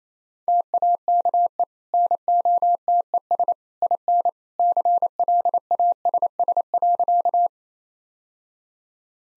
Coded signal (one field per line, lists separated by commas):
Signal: Morse code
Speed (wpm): 27 wpm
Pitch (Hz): 700 Hz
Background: none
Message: TAKE NOTES IN CLASS.